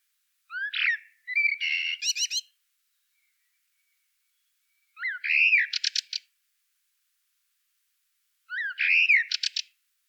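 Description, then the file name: Common blackbird song in three short phrases a few seconds apart, each a low fluting note or two ending in a rapid, scratchy high twitter. "Turdus merula"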